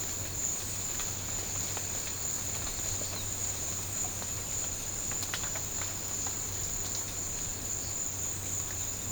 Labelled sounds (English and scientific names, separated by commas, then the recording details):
none
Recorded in pastures near Puerto Asís, Putumayo, Colombia, on 26 December 2024 at 13:00
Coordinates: 0.466, -76.322
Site G040